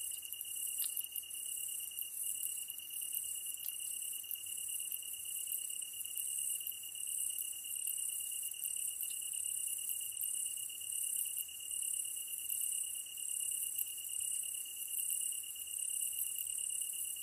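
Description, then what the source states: Tree cricket song, a steady unbroken high trill holding one pitch throughout, with a dense hiss of other insects shrilling far higher above it. Kantan recorded together with ezotsuyumushi on 15 August 2010 at 22:39, with a DH-D50.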